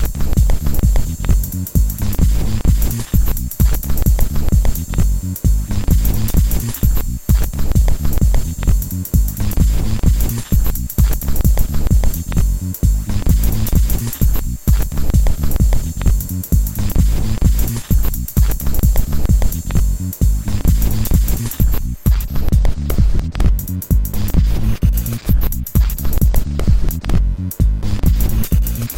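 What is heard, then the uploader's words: A VCR runs with a dense, steady hum and low throbbing rumble, broken by brief dropouts every few seconds. A constant high whine and hiss sit above, and near the end the sound grows choppier, with crackly bursts of static. VCR noises.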